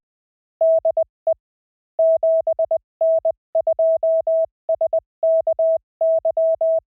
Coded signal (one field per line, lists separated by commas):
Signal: Morse code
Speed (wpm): 20 wpm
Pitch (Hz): 650 Hz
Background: none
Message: DE 7N2SKY